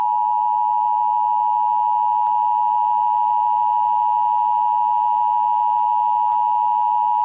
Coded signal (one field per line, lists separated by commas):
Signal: Emergency Alert System (SAME) tones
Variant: 853 and 960 Hz attention tone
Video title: Eas Scenario: IT chapter 2 Rioting (Re uploaded)